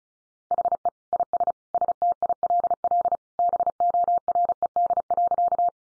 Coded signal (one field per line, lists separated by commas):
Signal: Morse code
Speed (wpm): 34 wpm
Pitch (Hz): 700 Hz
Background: none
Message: HE IS STILL BORED.